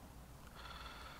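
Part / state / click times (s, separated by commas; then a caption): memory card into the card slot of a disguised camera / not seated / none. A microSD memory card is pushed into the card slot in the bottom of a LawMate PV-RC10FHD TV remote-style disguised camera. A low, steady background hum is heard, with faint tonal lines appearing from about 0.6 s. The card has not clicked or seated yet when the clip ends.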